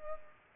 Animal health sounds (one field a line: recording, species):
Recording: mosquito wingbeat signal from an infrared sensor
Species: Culex pipiens